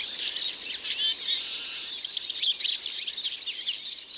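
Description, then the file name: Eurasian siskins twittering in a flock, a dense mesh of thin high chirps and short wheezy notes running throughout with no pause. Obelfing, 4 January 2014. "Erlenzeisig 04 01 2014 Obelfing LA Michle Pron"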